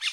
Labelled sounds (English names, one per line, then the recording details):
Brown-throated Parakeet contact call
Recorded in Curacao
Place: along powerline, near entrance of Santa Barbara resort
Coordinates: 12.068, -68.844